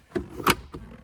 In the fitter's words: under that little tab and it snaps into place like that.